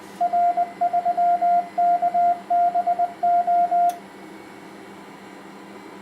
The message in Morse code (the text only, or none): R3KBO